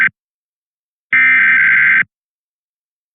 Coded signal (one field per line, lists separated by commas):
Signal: Emergency Alert System (SAME) tones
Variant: header bursts